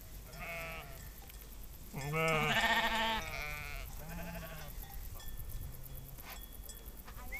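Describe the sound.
Sheep bleating, several wavering bleats of different pitch overlapping, with one loud, long quavering bleat in the middle and softer bleats around it.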